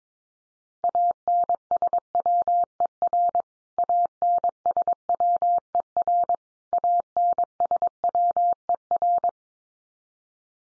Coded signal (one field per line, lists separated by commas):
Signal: Morse code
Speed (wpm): 22 wpm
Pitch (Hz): 700 Hz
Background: none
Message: ANSWER ANSWER ANSWER